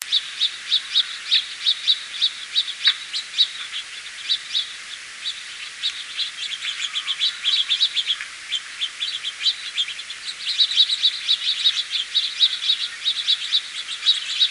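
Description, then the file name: House finch singing: a rambling run of bright twittering and warbled phrases that keeps going, growing busier and louder near the end. "Hfinch"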